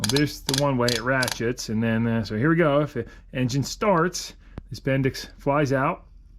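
A metal Bendix drive on the starter motor shaft of a 1954 Plymouth Savoy is handled and moved out by hand while someone talks, with faint ratcheting in one direction. The clip ends before the spring-loaded pins lock it in the extended position, so nothing has clicked or seated yet.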